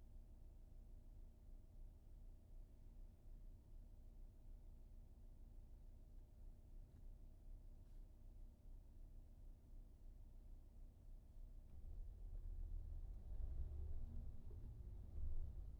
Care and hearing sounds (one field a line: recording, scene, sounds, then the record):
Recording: everyday scene through a hearing-aid microphone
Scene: in a vehicle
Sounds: engine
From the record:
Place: VW T5 Caravelle, diesel engine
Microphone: behind the ear, right, rear